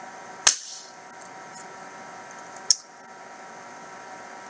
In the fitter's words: once it pops back, you'll hear a snap. However, you're not quite done.